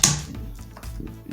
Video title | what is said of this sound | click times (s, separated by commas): #DJI #Safety Anti-Collision Lights For Drones - Lume Cube - (GaDgEt Of ThE wEeK) - 02/20/21 | can actually feel it lock into place so there's the | 0.0 s